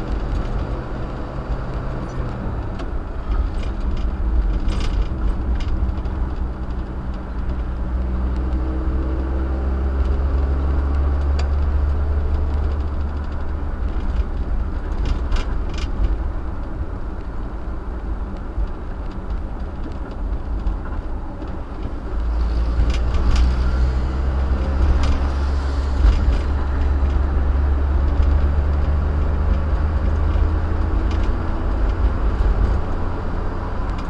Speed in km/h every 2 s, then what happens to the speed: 39, 45, 40, 40, 32, 34, 39, 35, 42, 37, 37, 40, 47, 45, 45, 53, 56.
0-3 speeds up to 45. 3-20 slows to 37. 20-24 speeds up to 47. 24-29 steady at about 45. 29-34 speeds up to 56.